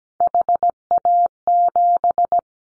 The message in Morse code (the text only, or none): HA7